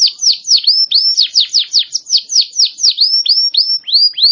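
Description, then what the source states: Canary song: a fast run of bright descending whistled notes, about four per second, each sweeping down then hooking up, steady and loud throughout. Champion singing canary.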